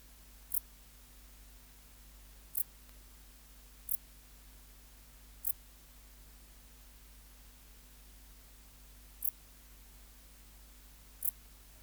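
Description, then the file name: Dark bush-cricket song, brief very high-pitched chirps spaced irregularly one to four seconds apart over a low steady hum. "Pholiodoptera grisecaptera"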